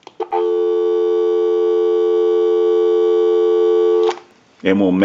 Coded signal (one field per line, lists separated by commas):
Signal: telephone call progress tone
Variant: North America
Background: speech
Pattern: dial tone